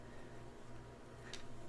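A plastic safety eye washer is pushed onto its eye post through a crocheted toy crab until it locks. A small, sharp click sounds at 1.3 s over a faint steady background. The washer is seated on the post.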